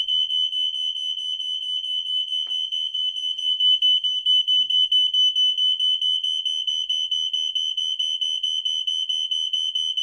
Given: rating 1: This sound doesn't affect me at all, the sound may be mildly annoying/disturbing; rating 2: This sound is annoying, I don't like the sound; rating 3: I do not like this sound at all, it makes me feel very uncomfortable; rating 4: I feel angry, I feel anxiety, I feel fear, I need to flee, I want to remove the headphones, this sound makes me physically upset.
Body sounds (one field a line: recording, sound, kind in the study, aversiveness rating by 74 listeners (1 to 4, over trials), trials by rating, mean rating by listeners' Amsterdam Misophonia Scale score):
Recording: sound for misophonia research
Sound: fire alarm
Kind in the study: generally unpleasant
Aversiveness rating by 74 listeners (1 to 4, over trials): mean 1.97, standard deviation 0.94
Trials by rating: 106 rated 1, 118 rated 2, 42 rated 3, 27 rated 4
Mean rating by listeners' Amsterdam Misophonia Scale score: 1.74 (sub-clinical, 0 to 4), 1.93 (mild, 5 to 9), 2.19 (moderate, 10 to 14), 2.30 (severe or extreme, 15 or more)